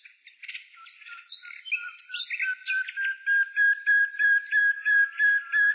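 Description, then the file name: Bird song: varied twittering and whistled phrases at first, then a steady run of clear repeated notes, about three each second, until the end. "penie ptic - ptici"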